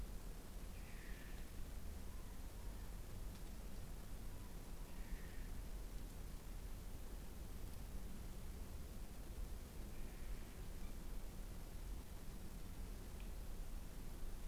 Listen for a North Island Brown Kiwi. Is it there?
no